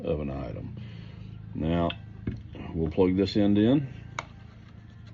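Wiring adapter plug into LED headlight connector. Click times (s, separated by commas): 4.2 s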